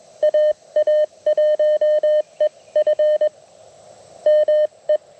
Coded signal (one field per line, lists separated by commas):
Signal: Morse code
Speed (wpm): 20 wpm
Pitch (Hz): 590 Hz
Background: none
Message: AA1EF ME